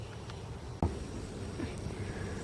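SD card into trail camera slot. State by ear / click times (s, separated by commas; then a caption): seated / 0.3 s, 0.8 s. A fresh SD card is pushed into the card slot of a trail camera until it latches and seats. Faint clicks are heard at 0.3 s and, more sharply, at 0.8 s over a steady low background hiss.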